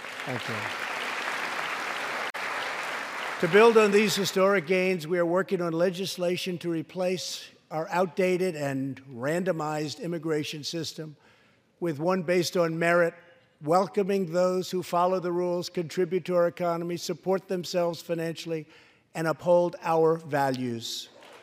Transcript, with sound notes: Thank you. (Applause.) To build on these historic gains, we are working on legislation to replace our outdated and randomized immigration system with one based on merit, welcoming those who follow the rules, contribute to our economy, support themselves financially, and uphold our values.